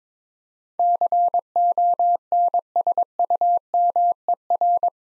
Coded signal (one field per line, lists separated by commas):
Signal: Morse code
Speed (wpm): 22 wpm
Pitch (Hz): 700 Hz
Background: none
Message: CONSUMER